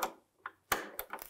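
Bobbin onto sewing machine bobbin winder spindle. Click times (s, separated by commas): 0.7 s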